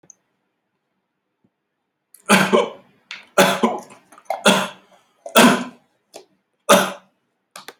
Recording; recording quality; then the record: heavy voluntary cough; excellent, no background noise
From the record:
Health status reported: exposed to COVID-19, no respiratory illness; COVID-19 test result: negative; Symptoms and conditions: diabetes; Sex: male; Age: 50 years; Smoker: not ticked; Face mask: worn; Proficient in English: yes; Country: India